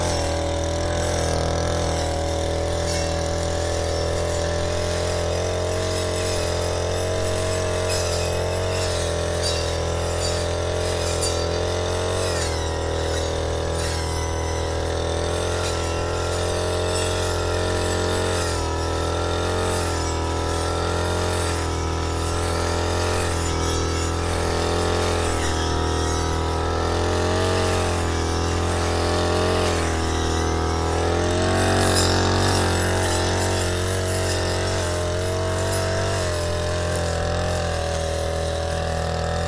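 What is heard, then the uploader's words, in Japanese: A brush cutter runs on and on while grass is cut, its engine holding a steady, buzzing drone with many stacked tones. The pitch wavers slightly as the blade meets the grass, and a low hum sits underneath throughout without any break. 草刈機でひたすら草刈り。夏真っ盛り！少し日のかげりはじめる15時すぎから草刈機で草刈り。サツマイモの畝の間を行ったり来たりしながら、ツルを切らないよううに慎重に刈っていきます。農村の機械音の風景です。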